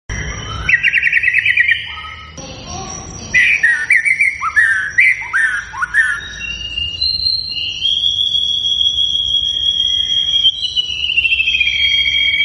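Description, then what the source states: White-rumped shama song: rich whistled phrases with fast trills and long sustained notes, over a steady high insect-like whine and low background hum. Lure recording played to provoke a white-rumped shama into vigorous singing.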